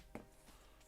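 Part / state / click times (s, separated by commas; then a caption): plastic Lego piece onto the model / seated / 0.2 s. A plastic Lego piece that had not seated properly is re-pressed onto a Lego AT-ST model being built. A sharp, short click is heard at 0.2 s, and the piece is confirmed in place.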